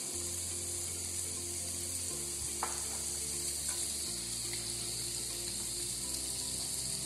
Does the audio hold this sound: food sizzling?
yes